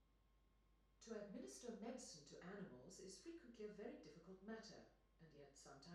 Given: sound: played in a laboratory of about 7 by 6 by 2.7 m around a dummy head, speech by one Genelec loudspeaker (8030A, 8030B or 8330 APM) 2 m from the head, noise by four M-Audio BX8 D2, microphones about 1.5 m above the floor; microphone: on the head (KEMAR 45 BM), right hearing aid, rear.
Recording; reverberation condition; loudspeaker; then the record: female speech in English; medium; 30 degrees to the left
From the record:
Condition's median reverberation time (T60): about 510 ms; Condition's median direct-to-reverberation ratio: about -0.5 dB